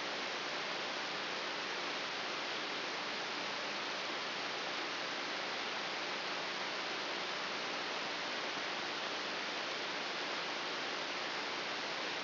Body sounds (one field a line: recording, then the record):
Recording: brain microelectrode recording played as sound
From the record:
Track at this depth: inside the subthalamic nucleus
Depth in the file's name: 4.001 mm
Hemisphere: right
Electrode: 3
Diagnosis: Parkinson's disease